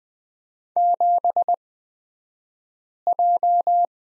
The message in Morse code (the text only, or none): 7J